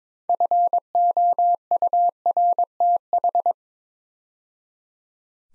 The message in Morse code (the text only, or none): FOURTH